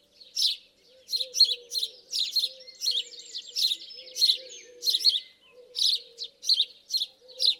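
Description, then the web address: House sparrow chirps, scratchy and repeated in uneven clusters, over soft low cooing notes. "SETE data Passer domesticus"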